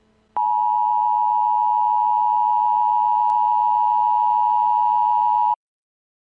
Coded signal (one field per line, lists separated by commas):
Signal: Emergency Alert System (SAME) tones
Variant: 853 and 960 Hz attention tone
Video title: Mandela EAS Scenario | Alternate Universe REMASTERED